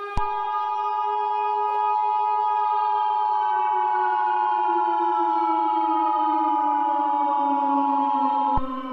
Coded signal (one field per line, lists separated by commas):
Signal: Emergency Alert System (SAME) tones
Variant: 853 and 960 Hz attention tone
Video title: Release the EVIL | EAS Scenario